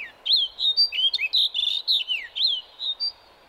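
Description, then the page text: Snow bunting song of clear whistled and warbled notes, rising and falling slurs strung together rapidly for about three seconds. Males return to Arctic tundra breeding territories in April, a month ahead of females, defending them amid freezing conditions and snow to claim nest cavities in rock faces or under boulders. "Snow Bunting. BirdNote. Chirp Nature Center"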